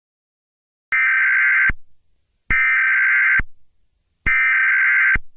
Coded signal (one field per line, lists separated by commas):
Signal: Emergency Alert System (SAME) tones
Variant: header bursts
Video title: EAS Scenario: the sun exploded